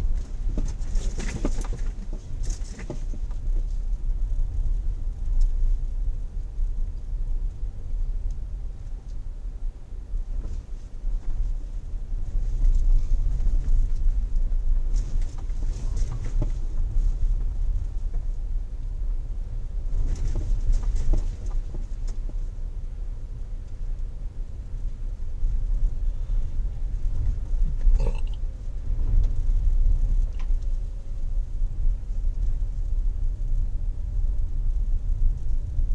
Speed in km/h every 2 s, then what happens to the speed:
11, 11, 12, 13, 11, 9, 11, 11, 12, 14, 14, 14, 14, 14, 15, 15, 16, 16.
0-36 steady at about 13.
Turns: none.